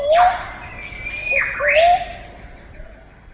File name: brown cuckoo dove